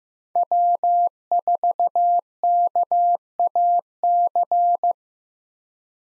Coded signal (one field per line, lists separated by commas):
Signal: Morse code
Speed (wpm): 15 wpm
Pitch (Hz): 700 Hz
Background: none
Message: W4KAC